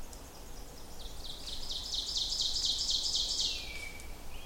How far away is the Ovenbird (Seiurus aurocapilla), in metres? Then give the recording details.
about 50 m. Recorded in boreal forest in Alberta, Canada, on 26 May 2016 at 06:54. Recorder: SongMeter 3, array SBT-3-15. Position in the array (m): 48 m, 253 m. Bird 20